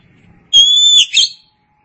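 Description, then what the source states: Oriental magpie-robin giving one long, level, pure whistle followed by a short scratchy flourish, with a quiet background. Kacer song.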